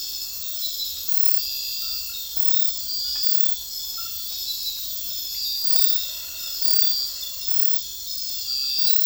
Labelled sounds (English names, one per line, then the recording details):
none
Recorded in secondary vegetation near Puerto Asís, Putumayo, Colombia, on 9 March 2025 at 03:00
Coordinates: 0.498, -76.327
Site G001